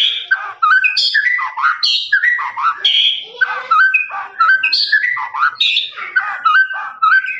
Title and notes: MASTERAN LOVEBIRD NGEKEK PANJANG. suara burung, master burung